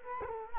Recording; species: mosquito wingbeat signal from an infrared sensor; Culex quinquefasciatus